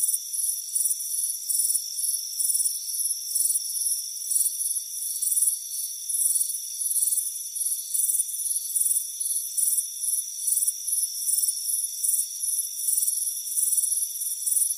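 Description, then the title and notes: Crickets chirp in fast, high-pitched trills that pulse unevenly over a steady band of insect buzzing. Crickets chirping on a warm afternoon at a front porch. "Soothing Crickets Chirping Sound. It's a warm afternoon as you relax in a hammock on the front porch. Relax and fall asleep to the soothing sound of chirping crickets. Deep Sleep Sounds"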